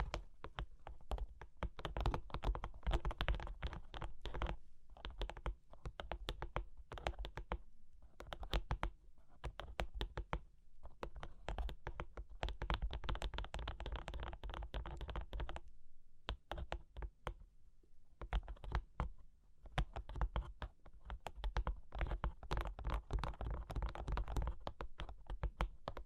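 Dense, rapid tapping and scratching on cork and wood, clicky strokes packed closely like quick typing. Bursts of activity run nearly continuously, broken by brief pauses around 8, 10, 16 and 17 seconds, with a low steady rumble underneath.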